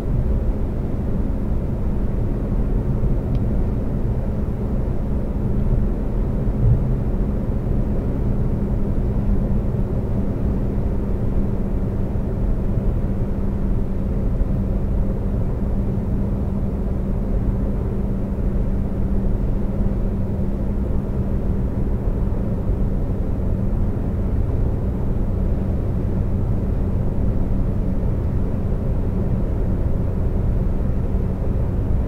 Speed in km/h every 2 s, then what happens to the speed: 129, 129, 130, 130, 130, 130, 130, 130, 130, 130, 130, 130, 130, 130, 130, 130.
0-32 steady at about 130.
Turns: none.